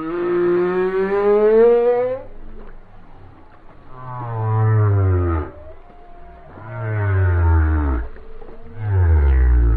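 Whale song: a long rising moan followed by three deep groans sweeping downward, the last cut off.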